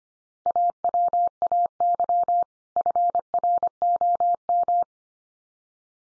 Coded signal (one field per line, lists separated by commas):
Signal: Morse code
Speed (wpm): 25 wpm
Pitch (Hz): 700 Hz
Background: none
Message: AWAY FROM